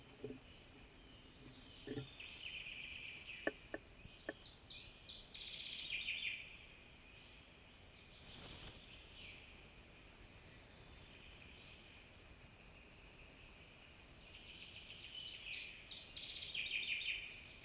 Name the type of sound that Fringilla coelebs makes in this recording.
song